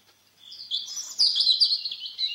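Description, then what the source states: European Robin song: after a brief silence, a thin, high warbling phrase of wavering notes and trills. Sings perched atop a small spruce, sun on its rusty-red breast; song continues long into the evening as the forest quickly falls silent.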